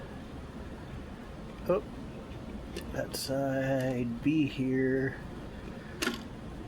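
A record or its holder, side B, is being fitted into place on a record player while someone talks over a low steady hum, with a few brief handling knocks. The record part does not want to lock into place, and nothing has seated or clicked yet.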